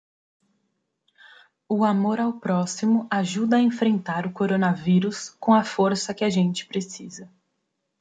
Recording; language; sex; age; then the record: spoken sentence; Brazilian Portuguese; female; 20 to 29 years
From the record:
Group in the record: control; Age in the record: 27 years